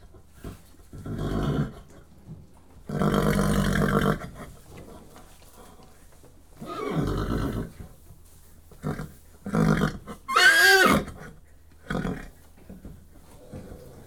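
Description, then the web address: Horse sounds: several loud, breathy snorts and blowing bursts spaced a few seconds apart, with a short quavering whinny near the end. "The BBC Sound Effects Library. Horses"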